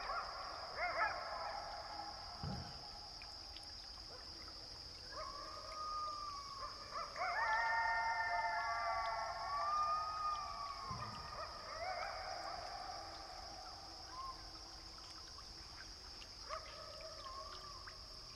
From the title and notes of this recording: Here, you can not only listen to coyotes in the distance, but also how the coyote waves as it passes through the canyon: a form of dimensional information that Gordon Hempton calls, “The poetics of space.” Pipestone Canyon in Eastern Washington.